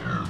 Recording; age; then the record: pig call; growing-finishing pig (85 days or more)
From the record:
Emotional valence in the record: positive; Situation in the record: run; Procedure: transit